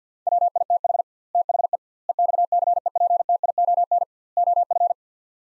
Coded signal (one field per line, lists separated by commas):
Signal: Morse code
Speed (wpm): 50 wpm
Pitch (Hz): 700 Hz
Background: none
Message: WITH THE EXCEPTION OF